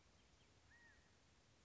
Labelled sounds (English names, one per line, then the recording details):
California Quail
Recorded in Sonoma County, California